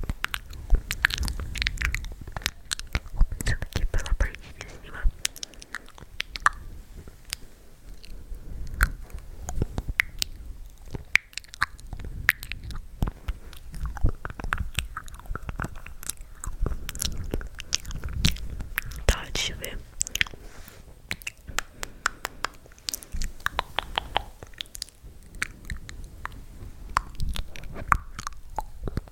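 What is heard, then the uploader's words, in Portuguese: Very crunchy chewing runs steadily throughout, sharp bright crackles coming rapidly in dense bursts over a low thumping bite. ASMR SONS MEGA CROCANTES.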